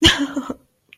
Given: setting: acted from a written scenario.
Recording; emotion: vocal sound without words; amusement